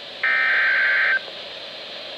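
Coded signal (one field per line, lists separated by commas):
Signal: Emergency Alert System (SAME) tones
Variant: header bursts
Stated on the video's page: Severe thunderstorm warning EAS tones for Love County, Oklahoma.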